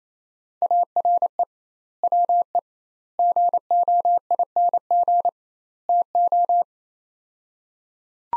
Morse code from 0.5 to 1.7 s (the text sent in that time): ARE